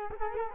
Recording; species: mosquito wingbeat signal from an infrared sensor; Culex quinquefasciatus